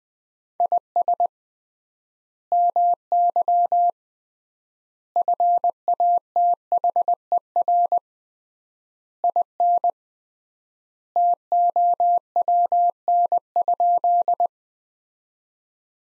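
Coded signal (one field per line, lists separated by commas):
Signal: Morse code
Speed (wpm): 20 wpm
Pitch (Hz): 700 Hz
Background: none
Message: IS MY FATHER IN TOWN?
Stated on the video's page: Morse practice sentences from the top 500 words at 20 wpm with 3x standard word-spacing, a Farnsworth-like method for words.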